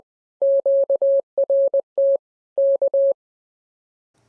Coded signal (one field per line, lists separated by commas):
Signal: Morse code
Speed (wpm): 20 wpm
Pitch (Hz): 550 Hz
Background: none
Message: QRT K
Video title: #HamRadio Live! 251 Tribute To Ameritron Manager Mike Enis + MFJ Out Of Huntsville. Contest’s & More